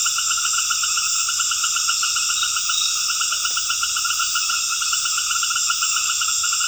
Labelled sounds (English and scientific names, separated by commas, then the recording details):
none
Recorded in dense forest near Puerto Asís, Putumayo, Colombia, on 8 March 2025 at 19:00
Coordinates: 0.484, -76.325
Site G045